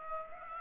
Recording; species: mosquito wingbeat signal from an infrared sensor; Aedes aegypti